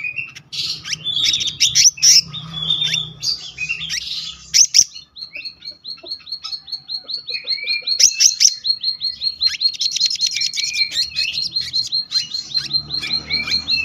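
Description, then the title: Selendang biru singing a fast run of high chirps and twitters, then a long series of repeated rising whistled notes mixed with more chirping. Gacor ngeroll: continuous, rolling song, with isian, song fill-in phrases. "BURUNG SELENDANG BIRU GACOR NGEROLL ISIAN"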